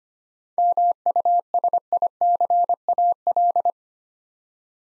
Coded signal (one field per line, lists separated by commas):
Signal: Morse code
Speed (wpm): 25 wpm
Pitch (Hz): 700 Hz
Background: none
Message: MUSICAL